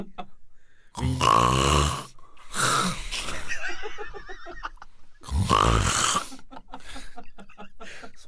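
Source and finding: Adult imitating loud snoring. Snoring (imitated).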